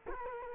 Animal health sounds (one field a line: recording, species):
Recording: mosquito wingbeat signal from an infrared sensor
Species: Culex quinquefasciatus